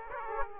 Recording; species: mosquito wingbeat signal from an infrared sensor; Aedes aegypti